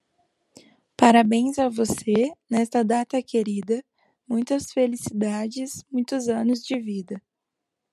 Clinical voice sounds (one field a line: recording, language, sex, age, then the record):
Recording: short text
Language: Brazilian Portuguese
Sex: female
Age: 20 to 29 years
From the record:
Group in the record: control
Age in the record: 20 years